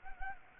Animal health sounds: mosquito wingbeat signal from an infrared sensor; Anopheles gambiae

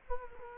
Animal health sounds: mosquito wingbeat signal from an infrared sensor; Culex quinquefasciatus

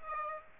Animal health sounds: mosquito wingbeat signal from an infrared sensor; Aedes aegypti

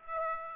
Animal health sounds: mosquito wingbeat signal from an infrared sensor; Aedes aegypti

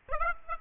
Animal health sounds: mosquito wingbeat signal from an infrared sensor; Aedes aegypti

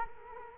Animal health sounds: mosquito wingbeat signal from an infrared sensor; Culex quinquefasciatus

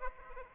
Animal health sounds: mosquito wingbeat signal from an infrared sensor; Aedes aegypti

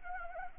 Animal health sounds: mosquito wingbeat signal from an infrared sensor; Anopheles arabiensis

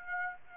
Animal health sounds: mosquito wingbeat signal from an infrared sensor; Aedes aegypti

